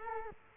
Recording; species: mosquito wingbeat signal from an infrared sensor; Culex quinquefasciatus